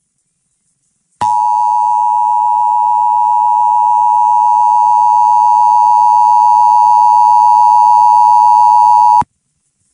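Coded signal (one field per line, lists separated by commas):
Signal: Emergency Alert System (SAME) tones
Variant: 853 and 960 Hz attention tone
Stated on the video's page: Real EAS alerts from a tornado outbreak.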